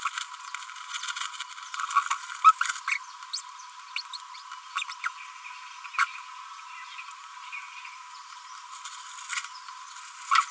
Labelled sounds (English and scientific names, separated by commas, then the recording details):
Green-rumped Parrotlet (Forpus passerinus) babbling
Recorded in a nest box in Venezuela
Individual 18B25A4